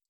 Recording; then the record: hydrophone in a shrimp aquaculture tank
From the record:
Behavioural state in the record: stressed